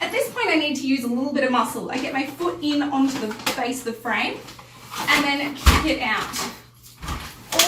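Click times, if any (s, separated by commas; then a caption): 7.6 s. Someone talks while unfolding a folded stroller: they squeeze the black buttons, lift the handle, and use some force, pushing the frame open with a foot. The stroller's folding-frame lock snaps into place with a sharp click at 7.6 s, seating the frame in its open position.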